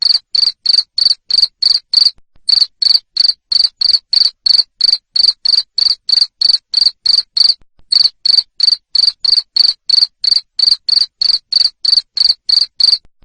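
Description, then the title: Cricket calling with loud shrill pulses, about three per second, interrupted by two short silences. Loud cricket chirping used to stimulate lovebirds to sing continuously. "Suara JANGKRIK NGERIK Keras Bikin LOVEBIRD Jadi NGEKEK Terus Vubey"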